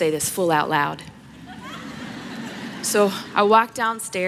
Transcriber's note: laughter